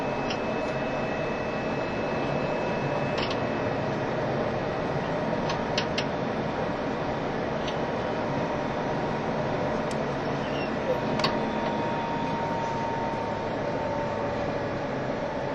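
Steady low rumble of the E351 series Super Azusa train running, with faint tonal hums, occasional brief clicks and a high whine near eleven seconds.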